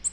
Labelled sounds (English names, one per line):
Nashville Warbler flight call